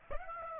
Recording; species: mosquito wingbeat signal from an infrared sensor; Aedes aegypti